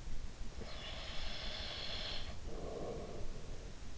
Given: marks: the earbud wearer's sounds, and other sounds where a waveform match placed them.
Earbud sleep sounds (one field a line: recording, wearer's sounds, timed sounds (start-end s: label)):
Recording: sounds in sleep by an in-ear microphone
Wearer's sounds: breath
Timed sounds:
0.41-3.89 s: breath